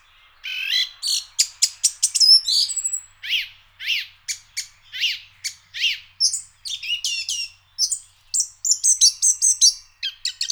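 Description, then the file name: Song Thrush song: varied high phrases, with sharp ticks, a run of repeated rising-falling whistled notes, then rapid chirpy notes. "turdus philomelos"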